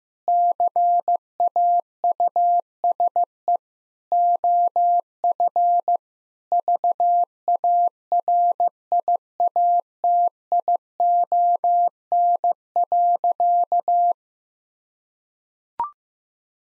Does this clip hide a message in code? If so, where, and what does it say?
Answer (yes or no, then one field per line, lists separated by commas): yes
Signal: Morse code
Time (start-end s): 0.3-14.1 s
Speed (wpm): 16 wpm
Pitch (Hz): 700 Hz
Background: none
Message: CAUSE OF VARIATION.